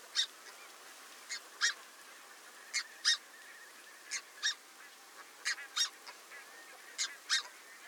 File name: red breasted goose